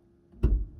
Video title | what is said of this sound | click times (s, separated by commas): 1999 E55 AMG Features & Equipment | There it goes. You can just kind of hear it pop open, and it'll stay red as long as the trunk is open. | 0.4 s